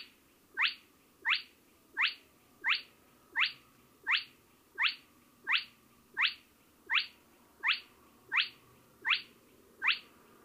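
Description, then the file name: Spotted crake calling, a sharp, whip-like rising whistle repeated steadily about every 0.7 seconds, fourteen notes in all. "porseleinhoen"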